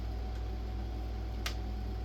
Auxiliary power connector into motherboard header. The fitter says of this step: bus right in snaps right in okay